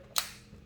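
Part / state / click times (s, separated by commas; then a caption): ignition coil into quick-connect bracket / seated / 0.2 s. A smart ignition coil is pushed back onto its quick-connect bracket after servicing. A single sharp, bright click at 0.2 s, broadband and strongest in the high frequencies, decays over about 0.2 s against a quiet low hum. The coil is locked and seated on the bracket.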